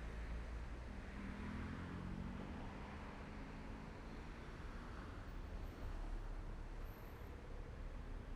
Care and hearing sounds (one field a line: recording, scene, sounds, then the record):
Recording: everyday scene through a hearing-aid microphone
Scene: in traffic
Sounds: traffic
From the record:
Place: main road on the outskirts, rush hour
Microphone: behind the ear, left, front